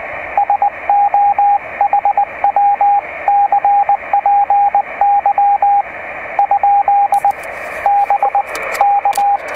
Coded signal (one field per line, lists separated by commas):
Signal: Morse code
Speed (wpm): 20 wpm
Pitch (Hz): 810 Hz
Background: radio noise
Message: SO HW CPY ? BK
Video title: 2.3GHz CW QSO between OH2LAK/P and OH2AXH